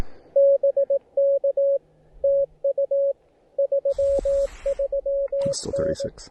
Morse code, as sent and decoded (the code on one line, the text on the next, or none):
-... -.- / - ..- / ...-- ...-- -.
BK TU 33N